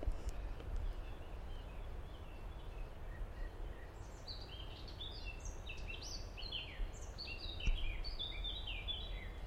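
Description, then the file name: Common blackbird song, a run of varied high whistled and twittering phrases, many falling in pitch, over a steady low rumble of background noise. "merle"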